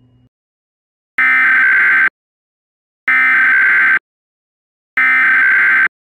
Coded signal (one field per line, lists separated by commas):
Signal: Emergency Alert System (SAME) tones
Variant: header bursts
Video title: EAS Reenactment Mock: 2018 National Periodic Test - 10/03/2018